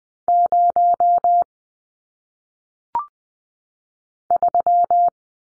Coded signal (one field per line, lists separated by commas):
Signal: Morse code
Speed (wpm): 20 wpm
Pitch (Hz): 700 Hz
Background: none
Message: 0 3